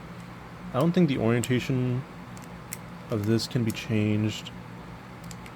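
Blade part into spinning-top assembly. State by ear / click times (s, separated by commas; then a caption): not seated / none. A plastic blade or ratchet part of a spinning-top toy is turned by hand in the spinning-top assembly to test its orientation while someone talks. Faint plastic ticks are heard around 2.4, 2.7, 5.3 and 5.5 seconds. The part has not yet clicked into place or seated.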